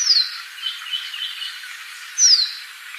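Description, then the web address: Yellow-bellied siskin: a thin, sharp whistle sliding steeply downward, then a second matching downslurred whistle about two seconds later, with faint twittering between. Recorded in Ecuador, South America. "Birds of Ecuador. Yellow-bellied Siskin"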